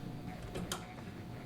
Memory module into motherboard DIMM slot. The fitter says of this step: just answer the clicks and there you go now this computer has 16 gigabytes of RAM so